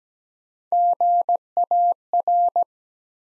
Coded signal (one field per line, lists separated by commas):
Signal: Morse code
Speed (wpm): 17 wpm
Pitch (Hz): 700 Hz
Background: none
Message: GAR